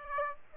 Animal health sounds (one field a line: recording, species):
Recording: mosquito wingbeat signal from an infrared sensor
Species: Aedes aegypti